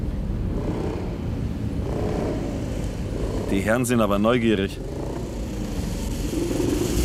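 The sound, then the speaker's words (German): A motorcycle rides behind a car, their engines blending into a steady low rumble that runs throughout, while a voice speaks briefly over a wavering, rising-and-falling tone midway. “Du, ich glaube, uns verfolgt ein Motorrad.”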